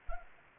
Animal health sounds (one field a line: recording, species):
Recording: mosquito wingbeat signal from an infrared sensor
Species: Anopheles arabiensis